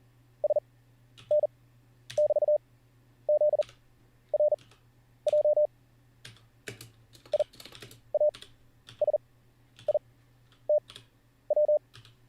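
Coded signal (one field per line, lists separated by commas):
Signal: Morse code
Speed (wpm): 40 wpm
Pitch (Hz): 600 Hz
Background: none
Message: SN<BT>ZRJ IASITW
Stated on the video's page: Live-streamed Morse code learning practice session.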